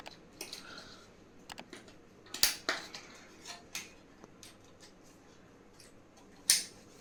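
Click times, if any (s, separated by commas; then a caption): 0.4 s, 2.4 s, 2.7 s, 3.8 s, 6.5 s. Four plastic push-pin legs of a CPU cooler fan are pressed one by one into the motherboard holes, giving sharp plastic clicks at 0.4, 2.4, 2.7, 3.8 and 6.5 seconds, with the loudest at the end. The cooler ends up seated and locked on all four sides, and there is no talking.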